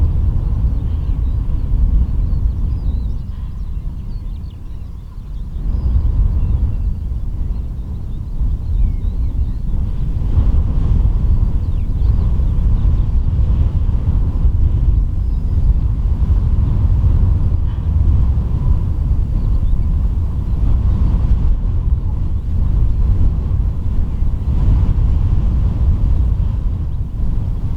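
Wind roars around the lighthouse at Rubjerg Knude, a dense low rumble that rarely lets up. It dips briefly around five seconds, then swells and stays strong, with a hiss of blowing sand above and a faint steady tone near the middle.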